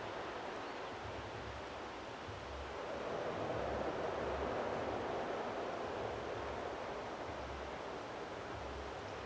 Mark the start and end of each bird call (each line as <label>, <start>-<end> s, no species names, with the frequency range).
bird call (2.8-4.6 kHz), 0.62-0.91 s